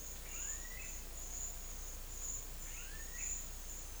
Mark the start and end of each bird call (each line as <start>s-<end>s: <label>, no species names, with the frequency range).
0.31s-0.97s: bird call (1.2-4.0 kHz)
2.61s-3.33s: bird call (1.2-3.9 kHz)